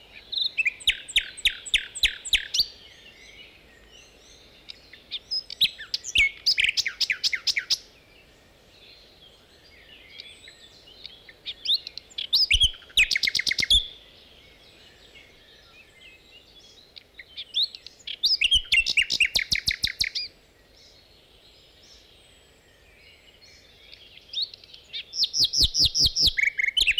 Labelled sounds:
Common Nightingale song
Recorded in the wild
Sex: male
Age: adult
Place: Dormagen, Nordrhein-Westfalen, DE
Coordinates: 51.08, 6.75
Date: 1986-05-24
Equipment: Sony WM-D6C, Parabolscheibe
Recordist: Skiba, Reinald
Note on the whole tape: Knechtsteden

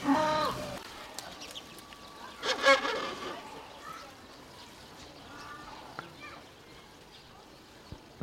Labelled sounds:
Southern Rockhopper Penguin call
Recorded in captivity
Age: adult
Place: Tierpark Berlin, Berlin, DE
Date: 1992-04-04 12:00
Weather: bedeckt, 5 - 8°C
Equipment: Nagra SN, Mikrofon AKG CK 8, Kopie Tesla B 116
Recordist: Tembrock, Günter
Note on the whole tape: Erst (sehr kurz!) Felsenpinguin, dann Königspinguin - agonistisch

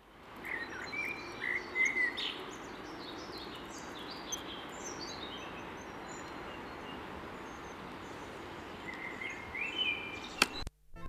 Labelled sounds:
Common Blackbird song
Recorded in the wild
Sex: male
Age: adult
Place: Homburg, Saarland, DE
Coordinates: 49.2397, 7.3398
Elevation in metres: 243
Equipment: Nagra IV, Sennheiser MKH 405, Parabolreflektor
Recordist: Tretzel, Erwin

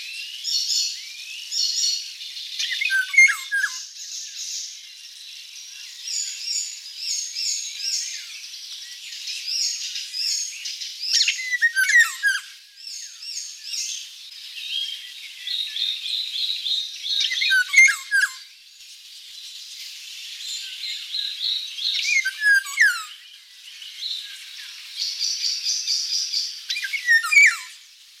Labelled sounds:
Eurasian Golden Oriole song
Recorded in the wild
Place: Waltershofen / Freiburg im Breisgau, Baden-Württemberg, DE
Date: 1989-05-30
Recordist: Schwarz, Dieter
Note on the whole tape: Song

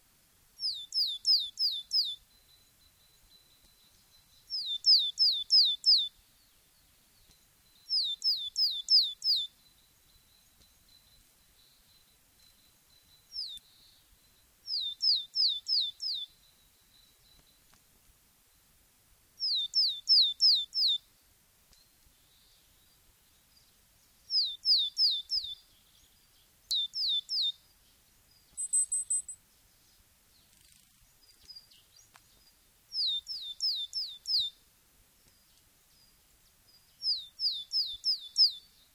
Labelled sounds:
Willow Tit
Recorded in the wild
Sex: male
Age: adult
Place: Erlangen, Bayern, DE
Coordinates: 49.6019, 10.9581
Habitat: pond
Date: 1965-05-01
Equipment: Original Vollspur
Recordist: Tretzel, Erwin

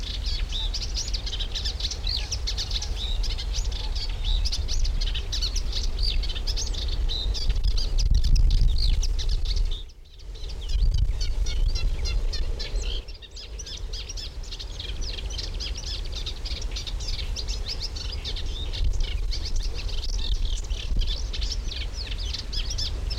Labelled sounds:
Eurasian Reed Warbler
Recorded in the wild
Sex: male
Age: adult
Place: Karower Teiche, Naturpark Barnim, Berlin, DE
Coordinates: 52.624, 13.462
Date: 1993-05-20
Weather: heiter, 22-25 °C
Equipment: Marantz CP 430, Sennheiser ME 80, Kopie Uher Variocord 263
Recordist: Tembrock, Günter

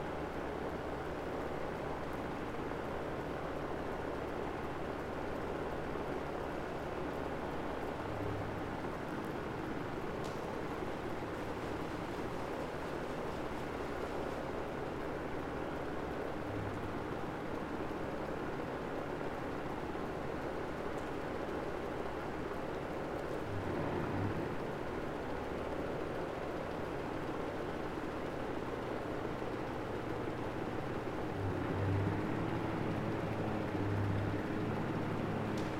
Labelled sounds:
Atlantic Cod
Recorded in the wild
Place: Austnesfjorden, Lofoten, Nordland, NO
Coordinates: 68.309, 14.722
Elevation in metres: 0
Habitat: sea
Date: 2015-03-11
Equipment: Edirol R44, Sensor Technology SQ26
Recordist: Frommolt, Karl-Heinz
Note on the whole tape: Geräusche vom Kabeljau beim Ablaichen aufgezeichnet in 50 m Tiefe. Die Fische kamen zum Ablaichen in Massen in den Fjord (wurden dort auch geangelt)

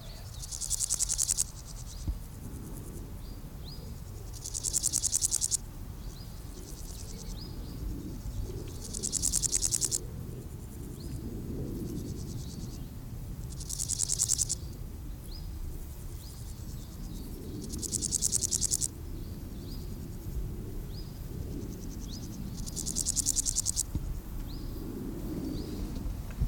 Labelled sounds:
Large Gold Grasshopper stridulation
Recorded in the wild
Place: Gößweinstein, Fränkische Schweiz, Bayern, DE
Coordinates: 49.72, 11.07
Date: 1995-09-06 12:19
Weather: schwach sonnig, 19,1°C
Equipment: Nagra SN, Sennheiser ME 80, Kopie Uher 4000 Report Monitor
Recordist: Tembrock, Günter

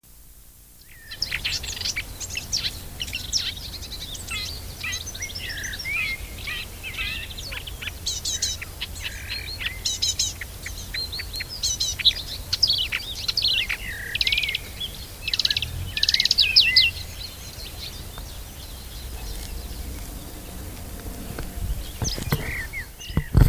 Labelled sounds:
Marsh Warbler song
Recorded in the wild
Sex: male
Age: adult
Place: Köppchensee, Berlin, DE
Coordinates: 52.6167, 13.3667
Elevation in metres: 40
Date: 2000-06-18 13:23
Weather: fair, 22°C
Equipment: Nagra SN, Kopie Uher 4000 Report Monitor
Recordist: Tembrock, Günter
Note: Gesang (kurz) mit Grünfink-Imitationen

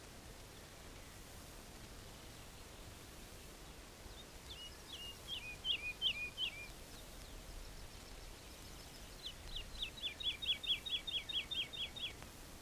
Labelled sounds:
Wood Lark song
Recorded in the wild
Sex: male
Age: adult
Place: Schloß Holte-Stukenbrock, Senne, Nordrhein-Westfalen, DE
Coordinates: 51.8706, 8.65889
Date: 1968-05-26
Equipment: Uher 4000 Report-S, Bändchenmikro Beyer M 260, Parabolspiegel Polyester (470 mm)
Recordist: Conrads, Klaus
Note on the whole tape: Hof Dirks (Furlbach-Gebiet). Auf Hochspannungsmast: Gesang. Teilweise Windstörungen

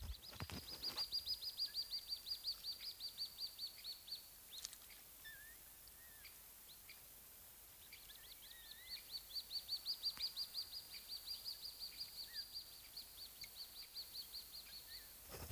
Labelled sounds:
Grey Heron call
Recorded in the wild
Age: adult
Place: Mühlenbecker Wald, Brandenburg, DE
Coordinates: 52.6942, 13.3886
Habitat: pond
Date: 1983-08-20 17:55
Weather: 26-28°C
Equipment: Nagra SN, Sennheiser MKH 416T (Automatik), Kopie Uher 4000 Report Monitor
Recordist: Tembrock, Günter

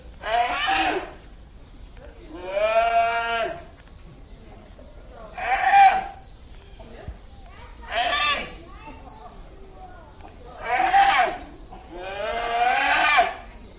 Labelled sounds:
Polar Bear call
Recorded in captivity
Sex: male
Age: juvenile
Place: Zoo Berlin, Berlin, DE
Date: 2007-06-07 16:30
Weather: slightly overcast, ca. 30°C
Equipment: Sony WM-D6C, Sennheiser ME 80
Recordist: Tembrock, Günter

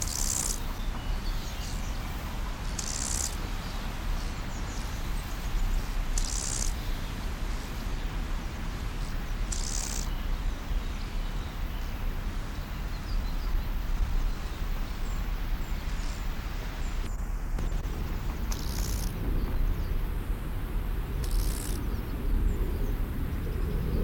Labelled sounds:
Lesser Marsh Grasshopper stridulation
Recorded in the wild
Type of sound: stridulation
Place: Blankenfelde, Berlin, DE
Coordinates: 52.625, 13.404
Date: 1992-07-19 11:05
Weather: wolkig - sonnig, 22°C, Wind
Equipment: Marantz CP 430, Sennheiser ME 80, Kopie Tesla B 116
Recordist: Tembrock, Günter
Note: Botanische Anlage; Stridulation

